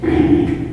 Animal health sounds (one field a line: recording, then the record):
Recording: squeal of a Yucatan mini pig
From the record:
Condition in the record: before surgery on the right vocal fold (resection and tissue-engineered implant)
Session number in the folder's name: 2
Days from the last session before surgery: -15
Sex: female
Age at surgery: 19 weeks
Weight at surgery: 25 kg